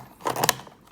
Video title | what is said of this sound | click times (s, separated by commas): How to replace HG filter of Kangen SD501 | okay so you will notice there's a clicking sound if | 0.5 s